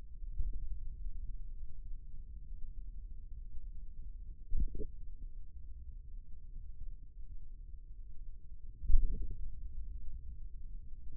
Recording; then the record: forearm muscle sounds (acoustic myography)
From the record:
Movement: ulnar deviation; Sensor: system 2, bracelet of six BSWA MPA416 microphones around the upper forearm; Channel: 4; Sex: male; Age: 22 years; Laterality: right